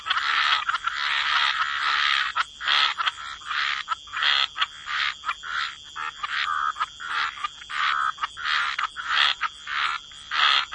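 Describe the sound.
Chorusing frogs, bursts of croaking in quick succession, separated by short gaps.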